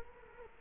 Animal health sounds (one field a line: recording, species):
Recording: mosquito wingbeat signal from an infrared sensor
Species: Culex quinquefasciatus